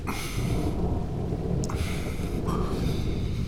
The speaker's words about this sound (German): Es regnet ja.